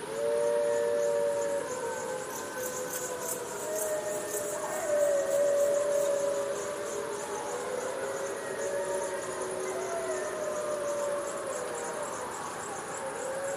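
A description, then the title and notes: A distant pack of wolves howls in long, overlapping, gliding tones that rise and fall, over a steady high hiss throughout. Wolves Howling in the Night. A distant pack of wolves call in the peace and serenity of the prairie under the light of the moon.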